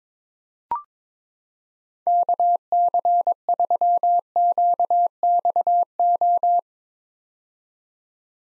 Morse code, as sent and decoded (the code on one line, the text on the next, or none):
-.- -.-. ...-- --.- -..- ---
KC3QXO